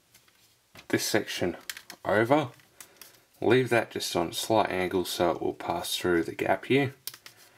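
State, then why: Not seated. Someone talks while handling a folded section of the large plastic gun of a Perfect Effect PE-DX03 Warden transforming-robot toy, tilting it at a slight angle to pass through a gap in the gun body, with brief plastic handling taps. Nothing has seated or clicked into place yet.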